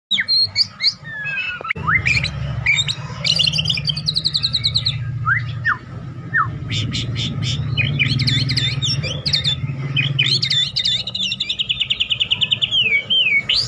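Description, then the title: White-rumped shama singing a varied run of clipped high notes, brief whistles and buzzy trills in quick bursts, a low steady hum underneath from about 2 s on. Masteran song, made for training captive birds to learn white-rumped shama song. "MASTERAN MURAI BATU LABAIK"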